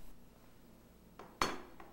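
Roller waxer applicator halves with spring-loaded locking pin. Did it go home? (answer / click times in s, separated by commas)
yes / 1.4 s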